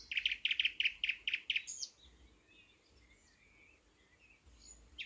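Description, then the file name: Thrush nightingale song: a rapid series of loud clicking, rattling notes for two seconds, then soft scattered twitters and whistles before a final click. "thrush nightingale - luscinia luscinia"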